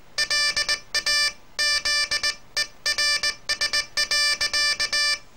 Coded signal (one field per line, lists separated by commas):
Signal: Morse code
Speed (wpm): 19 wpm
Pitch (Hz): 1750 Hz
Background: none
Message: LAZERS.